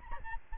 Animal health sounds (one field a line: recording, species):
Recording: mosquito wingbeat signal from an infrared sensor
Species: Aedes albopictus